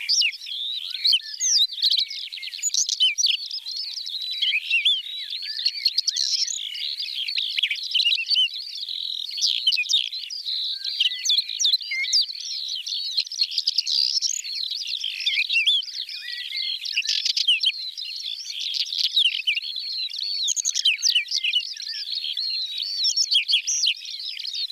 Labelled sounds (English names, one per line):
Whinchat song